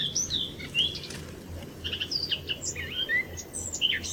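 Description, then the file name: Eurasian blackcap song of clear whistled, slurred notes rising and falling in quick succession, with a low hum beneath. "Sylvia atricapilla"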